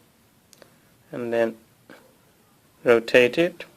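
A manual-focus metal Canon FD 50mm 1.4 lens is fitted to a lens mount adapter for a Sony NEX F3 camera and rotated, with two faint ticks near 0.5 and 0.6 seconds while someone talks. The lens has not locked onto the adapter yet; nothing has seated or clicked.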